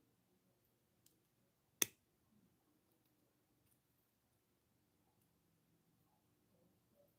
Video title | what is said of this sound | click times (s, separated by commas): Artist Lydia @OrganicSilverMoonDesignsLLG wire wrapping Gemstones,Copper braided bracelet | And it should make a little clicking sound when it closes. | 1.8 s